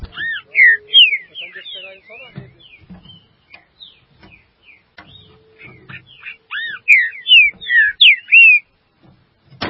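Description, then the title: Green-winged saltator singing bursts of rich, slurred whistles, loud at the start and end, quieter chatter and a few low thumps between. "Trinca Ferro"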